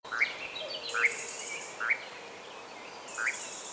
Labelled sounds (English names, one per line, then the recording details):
Eurasian Nightjar
Common Cuckoo
European Robin
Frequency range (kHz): Eurasian Nightjar 0.8-3.0 kHz; Common Cuckoo 2.7-5.2 kHz; European Robin 4.8-8.4 kHz
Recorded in France